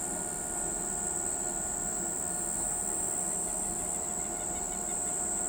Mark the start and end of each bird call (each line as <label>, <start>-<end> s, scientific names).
Vanellus chilensis, 3.31-5.48 s